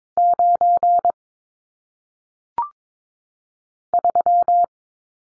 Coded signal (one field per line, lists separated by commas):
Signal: Morse code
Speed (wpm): 22 wpm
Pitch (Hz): 700 Hz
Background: none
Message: 9 3